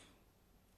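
A tight-fitting printed part is being pushed onto a servo assembly of an SO-101 robot arm, producing only faint, steady handling noise with a soft ticking texture. Nothing has seated or clicked yet.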